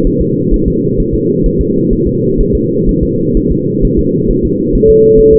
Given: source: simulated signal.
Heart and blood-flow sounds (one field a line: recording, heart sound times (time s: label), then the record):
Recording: fetal heart sounds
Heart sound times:
0.07 s: S1
0.22 s: S2
0.54 s: S1
0.68 s: S2
1.00 s: S1
1.14 s: S2
1.46 s: S1
1.61 s: S2
1.93 s: S1
2.07 s: S2
2.41 s: S1
2.55 s: S2
2.89 s: S1
3.03 s: S2
3.37 s: S1
3.52 s: S2
3.85 s: S1
3.99 s: S2
4.31 s: S1
4.45 s: S2
4.75 s: S1
4.90 s: S2
5.19 s: S1
5.34 s: S2
From the record:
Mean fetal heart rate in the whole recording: 130 bpm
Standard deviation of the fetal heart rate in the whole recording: 4 bpm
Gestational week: 38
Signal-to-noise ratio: -11.2 dB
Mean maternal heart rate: 72 bpm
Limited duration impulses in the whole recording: present